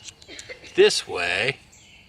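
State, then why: Not seated. Someone talks while handling the spoon half and fork half of a plastic UCO Switch camping spork, sliding them together the correct way, with small handling ticks near 0.2 s and 0.4 s. Nothing has seated or locked yet.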